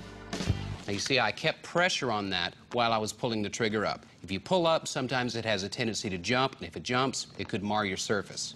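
A pop rivet is placed through a drilled hole in an aluminium wall panel over a wood sample, and the rivet gun handle is squeezed until the mandrel snaps. A sharp pop at 0.3 s marks the rivet setting into place, with pressure kept on the gun while pulling. Someone then talks for the rest of the clip.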